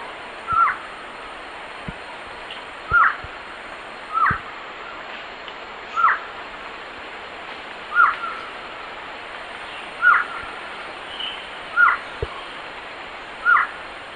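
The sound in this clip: A bird repeats a short whistled note about every one and a half to two seconds, eight times in all, over steady hiss with faint scattered clicks.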